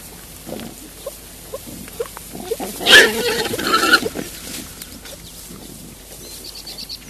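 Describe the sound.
Wild boar squeals in one harsh, noisy burst lasting about a second, preceded by short soft grunts; high bird chirps run through the end.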